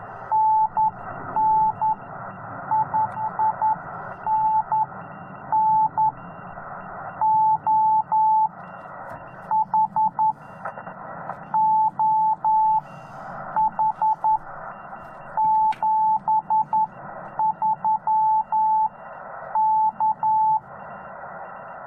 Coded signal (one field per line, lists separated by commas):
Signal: Morse code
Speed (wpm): 11 wpm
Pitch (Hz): 870 Hz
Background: radio noise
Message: NN IIN N O H O H 73 K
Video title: Morse Code Activation: RAW VIDEO - from K-0060 Saguaro National Park